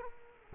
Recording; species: mosquito wingbeat signal from an infrared sensor; Culex quinquefasciatus